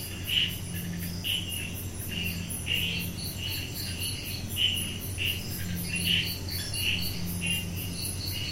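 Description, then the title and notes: Chirping insects, short sharp notes recurring over a continuous rapid high trill, against a constant low humming drone. Insects chirping at night, 10pm, June 2022, in a wildlife sanctuary at Netravali, Goa, India; air conditioning drone audible. "June 2022, 10pm Netrevali, Goa, India, sounds of the night - insects chirping. Recorded by Mark Wilden"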